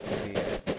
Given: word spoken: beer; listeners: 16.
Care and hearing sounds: one English word in noise, from a listening test; noise modulated by three-talker babble; -7.3 dB; 1 of 16; 6 of 16; 0.39 s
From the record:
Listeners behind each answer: 6, 3, 1, 1, 1, 1, 1, 1, 1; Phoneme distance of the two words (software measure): 10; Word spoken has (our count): 1 syllable, 3 phonemes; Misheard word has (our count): 1 syllable, 3 phonemes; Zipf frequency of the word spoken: 4.47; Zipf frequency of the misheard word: 4.84

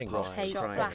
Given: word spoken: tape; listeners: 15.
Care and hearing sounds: one English word in noise, from a listening test; four-talker babble; -2.5 dB; 4 of 15; 8 of 15; 0.54 s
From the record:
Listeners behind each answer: 8, 4, 1, 1, 1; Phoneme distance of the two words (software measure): 10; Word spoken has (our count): 1 syllable, 3 phonemes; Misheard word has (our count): 1 syllable, 3 phonemes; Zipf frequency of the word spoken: 4.34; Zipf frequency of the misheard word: 6.08

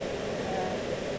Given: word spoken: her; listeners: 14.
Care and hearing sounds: one English word in noise, from a listening test; speech-shaped noise; -6.3 dB; 0 of 14; 6 of 14; 0.79 s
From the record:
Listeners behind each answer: 6, 2, 1, 1, 1, 1, 1, 1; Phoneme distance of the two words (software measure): 14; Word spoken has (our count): 1 syllable, 2 phonemes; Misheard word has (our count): 1 syllable, 2 phonemes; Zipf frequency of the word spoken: 6.25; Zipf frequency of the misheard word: 5.00

